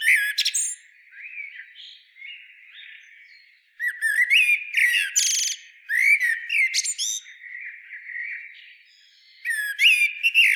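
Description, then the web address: Common blackbird repeatedly singing mellow whistled phrases broken by sharp, scratchy high squeaks and chatters, with brief quiet intervals. "SETE Turdus merula"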